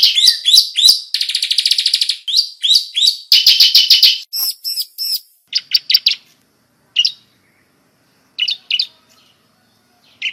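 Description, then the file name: Bar-winged prinia calling in rapid, chattering trills and quick repeated chirps, then scattered short notes after a pause. Lure call, used to attract birds. "suara pikat burung ciblek"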